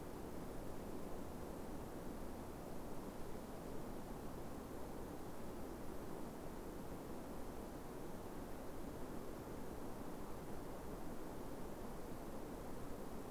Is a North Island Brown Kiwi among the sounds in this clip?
no